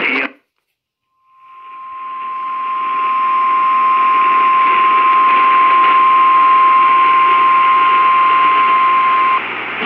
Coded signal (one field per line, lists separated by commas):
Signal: Emergency Alert System (SAME) tones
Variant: 1050 Hz attention tone